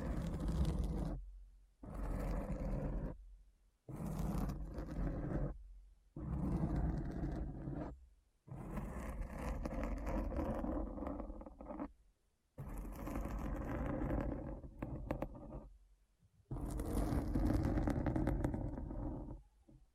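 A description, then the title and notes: Deep, rough scratching comes in long strokes, each lasting one to three seconds, with short silent gaps between them. The scraping is heavy and dense in the low end, with a hissy, gritty top. About eight strokes pass at an irregular pace. ASMR Deep Brain Scratch (No Talking).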